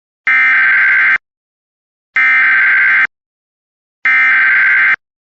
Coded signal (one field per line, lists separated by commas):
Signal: Emergency Alert System (SAME) tones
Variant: header bursts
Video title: EAS 163-165 - More EAS Alerts from the Repository